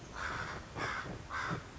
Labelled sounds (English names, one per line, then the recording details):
Common Raven
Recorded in Sonoma County, California